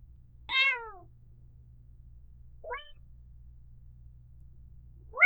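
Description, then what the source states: Domestic cat kitten mewing: three thin, high mews, the first falling and the later two rising, the last cut short at the end, with a faint low hum between them. A tiny, weak kitten.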